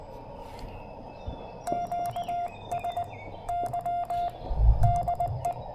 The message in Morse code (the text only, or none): QSY DE